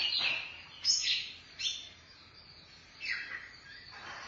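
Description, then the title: Oriental magpie-robin giving a few sweeping, raspy high phrases separated by quiet pauses. Chirping song (kicauan) of the bird. "Suara Kicauan Burung Kacer Durasi Panjang"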